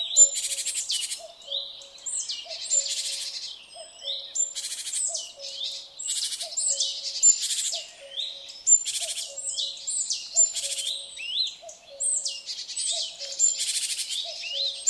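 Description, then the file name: Great tit calls: a run of harsh buzzes and high swooping whistles, over a soft low double note repeated throughout. "Parus major"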